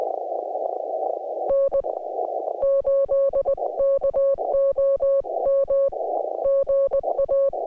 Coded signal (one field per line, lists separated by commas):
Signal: Morse code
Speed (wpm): 20 wpm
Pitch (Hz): 550 Hz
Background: music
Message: N8KOM GA